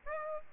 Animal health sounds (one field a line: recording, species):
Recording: mosquito wingbeat signal from an infrared sensor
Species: Aedes albopictus